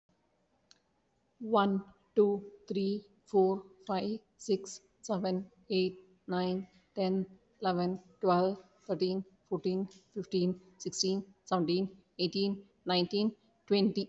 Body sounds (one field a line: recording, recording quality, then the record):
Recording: counting at a normal pace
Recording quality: excellent, no background noise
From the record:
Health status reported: recovered from COVID-19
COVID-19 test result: positive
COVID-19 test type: rapid antigen test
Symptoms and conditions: cough, cold, sore throat, fever, muscle pain, diarrhoea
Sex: female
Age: 43 years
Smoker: no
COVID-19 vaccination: both doses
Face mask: worn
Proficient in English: yes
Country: India